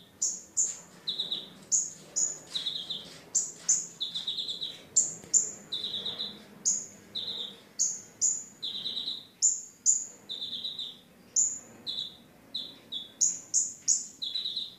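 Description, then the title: Oriental magpie-robin song: a steady run of short clear whistled chirps, alternating high and lower notes about twice per second. Singing (kicau). "Kicau Kacer"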